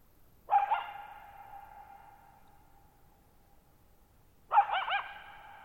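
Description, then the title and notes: Coyote giving two quavering bark calls four seconds apart, each with a drawn-out echoing tail. Lone wild coyote at night, July 14, 2019, Thirtymile Meadows, Okanogan National Forest, Okanogan High Country, Pacific Northwest; shallow-bowl meadow at 6400 ft on dry high plateau, very quiet, long natural reverberation. "Lone Coyote at Thirtymile Meadows. I spent the night of July 14, 2019, camped near Thirtymile Meadows in the Okanogan National Forest at 6400 ft (1950 m)"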